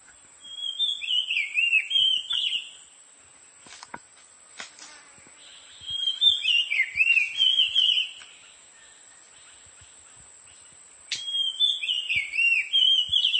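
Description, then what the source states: Oriental magpie-robin singing three separate bursts of sweet, warbling whistled phrases with quiet pauses between. Subspecies Copsychus saularis musicus.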